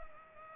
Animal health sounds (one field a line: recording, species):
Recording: mosquito wingbeat signal from an infrared sensor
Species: Culex pipiens